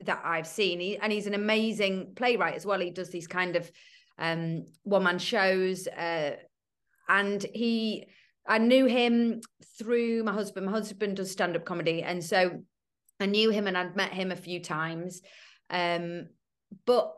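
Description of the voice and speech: An adult woman, who is not a stammerer, speaks in a relaxed conversational voice at a mid pitch, with clear, steady voicing. Speech is fluent, with only ordinary hesitations: a few "um" fillers and brief pauses between phrases. There are no repetitions, blocks or prolonged sounds, so no stammer is heard.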